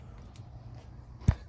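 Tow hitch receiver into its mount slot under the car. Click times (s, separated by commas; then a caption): 0.4 s, 1.3 s. A tow hitch receiver on a Tesla Model X is pushed up hard into its mount slot under the car so its small triangles go into the slot. Short sharp snaps are heard at about 0.4 s and 1.3 s over a low background rumble, the second louder. The receiver seats, snapping into place.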